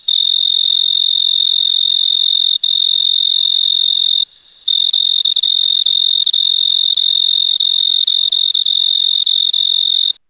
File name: Oecanthus pictus – Recorded at 26 03 2011 – 22 , 5 degree Celsius